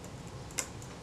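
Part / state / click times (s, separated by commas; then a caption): metal shutter mechanism part into the camera body / seated / 0.6 s. A metal shutter mechanism part of a Retina Reflex III camera is pressed into the camera body during reassembly, and a single sharp click sounds at 0.6 s over a low, steady background. The part seats nicely, clicking into place, located by a screw on its base that drops into a small hole in the mechanism plate.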